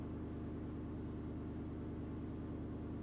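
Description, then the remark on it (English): A low, steady car engine purrs continuously in the distance, a smooth droning hum with no change in pitch and no voices. “The low purr of a car engine far off in the distance.”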